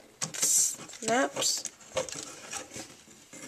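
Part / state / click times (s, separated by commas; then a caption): plastic part of a transforming toy robot, turned into its locked position / seated / 0.2 s. A plastic part of a Transformers Revenge of the Fallen Bludgeon robot toy is turned during transformation until it snaps into its locked position, giving one sharp click at 0.2 s. Further plastic rattling and handling noises follow while someone talks. The toy joint is seated and locked in place.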